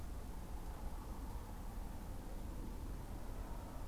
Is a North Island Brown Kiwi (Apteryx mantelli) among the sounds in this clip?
no